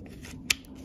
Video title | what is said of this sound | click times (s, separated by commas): جهاز كشف الذهب ديوس 2 -- DEUS 2 Metal Detector اكتشف معنا مميزات الجهاز وكيف يعمل بطريقة مبتكرة | like this until it clicks | 0.5 s